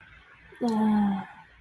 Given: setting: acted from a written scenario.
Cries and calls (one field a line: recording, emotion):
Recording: vocal sound without words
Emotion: desire